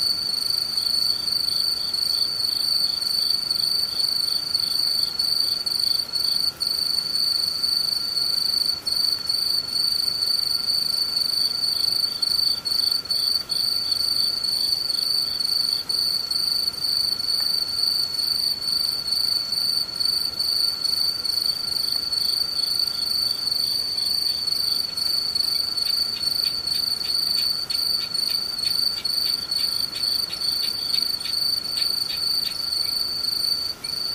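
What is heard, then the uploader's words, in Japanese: A chorus of insects sings without pause, several high, steady trilling tones layered over one another. Quick regular pulsing ticks sit just beneath the highest tones, with a thinner lower whine running throughout, and the whole texture stays even from start to end. ムシ合唱。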